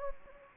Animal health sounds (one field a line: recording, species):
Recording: mosquito wingbeat signal from an infrared sensor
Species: Anopheles gambiae